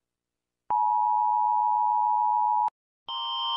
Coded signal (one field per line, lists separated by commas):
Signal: Emergency Alert System (SAME) tones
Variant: 853 and 960 Hz attention tone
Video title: Rating EAS Alarms: bruh moments